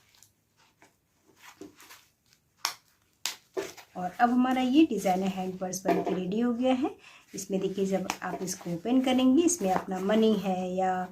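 Two sharp snaps at 2.6 and 3.3 seconds as the metal snap buttons on the two fabric pockets of a handmade quilted purse are pressed together and lock shut against the flap. Someone talks before and after the snaps.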